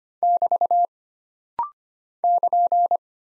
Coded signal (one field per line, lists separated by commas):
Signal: Morse code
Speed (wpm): 25 wpm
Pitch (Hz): 700 Hz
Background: none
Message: <BT> <KN>